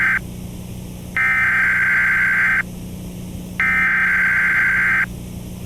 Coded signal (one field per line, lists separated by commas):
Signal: Emergency Alert System (SAME) tones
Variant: header bursts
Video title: The EAS alarm for.... Nothing???